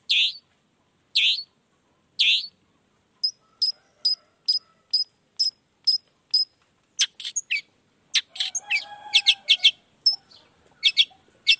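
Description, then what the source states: Long-tailed shrike song: three harsh buzzy notes, then a steady run of sharp high chips, ending in a fast, varied chattering jumble. Energetic morning singing with the 'toet toet' song variation, used to stimulate reluctant shrikes into singing.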